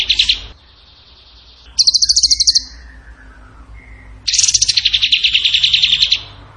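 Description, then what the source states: Bird song: a short trill, soft whistles, a crisp rapid trill burst, then a long rattling trill that gradually lowers slightly. Song in the tembakan gacor style, used as masteran training for songbirds.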